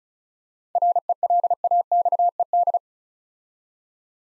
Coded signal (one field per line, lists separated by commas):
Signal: Morse code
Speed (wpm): 36 wpm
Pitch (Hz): 700 Hz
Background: none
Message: RELAXED